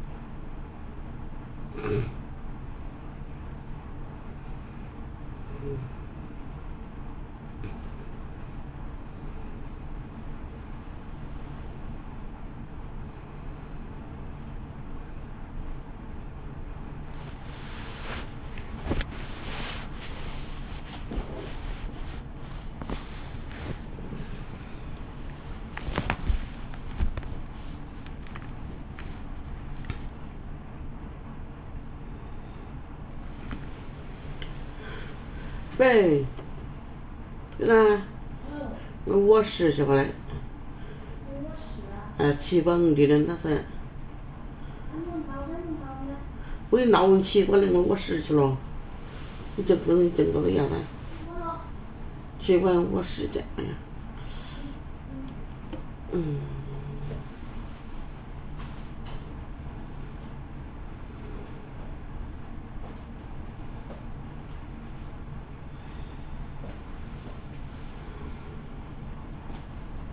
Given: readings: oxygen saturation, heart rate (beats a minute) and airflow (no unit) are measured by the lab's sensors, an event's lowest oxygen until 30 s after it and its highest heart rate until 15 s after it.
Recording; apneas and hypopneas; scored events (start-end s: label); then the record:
a person awake in a sleep study, by a smartphone at the bedside; none
0.00-70.13 s: awake
0.00-70.13 s: awake
From the record:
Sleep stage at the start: awake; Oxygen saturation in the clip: 93 to 96%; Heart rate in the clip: 57 to 72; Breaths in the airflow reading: 15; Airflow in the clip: -3.2 to 2.5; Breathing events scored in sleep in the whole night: 328 in 6.3 hours asleep